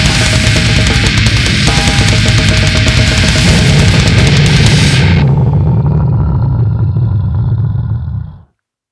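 Loud, harsh, continuous breath noise with dense crackling in an adult's lungs, heard through a stethoscope, in acute respiratory distress syndrome.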